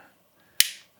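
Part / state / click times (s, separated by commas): plastic accessory part onto action figure body / seated / 0.6 s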